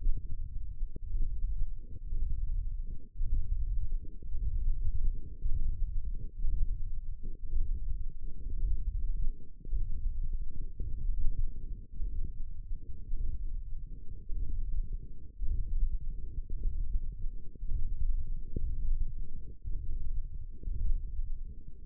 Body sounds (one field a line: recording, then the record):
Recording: forearm muscle sounds (acoustic myography)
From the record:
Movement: hand opening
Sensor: system 1, eight BSWA MPA416 microphones around the upper forearm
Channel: 3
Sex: female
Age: 22 years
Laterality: right